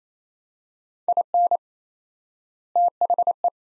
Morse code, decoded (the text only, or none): IN THE